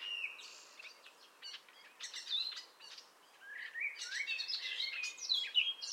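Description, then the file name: Common nightingale singing a jumble of quick whistled slurs, sharp clicks and trilled notes, one loud swooping whistle near the end, over faint background hiss. "Luscinia megarhynchos"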